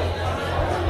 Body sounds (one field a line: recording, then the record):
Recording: background sound without coughing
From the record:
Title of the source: CITY SOUNDS Busy Bar in the Evening Night - 2 HOURS of Ambiance for Relaxation